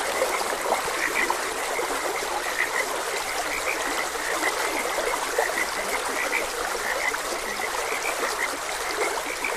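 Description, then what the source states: Frogs giving brief chirping notes, partly blended into the constant hiss and trickle of a flowing stream. Frogs croaking beside a gentle stream.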